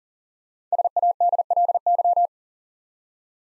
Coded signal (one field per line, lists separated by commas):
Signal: Morse code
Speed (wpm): 40 wpm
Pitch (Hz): 700 Hz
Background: none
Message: SADLY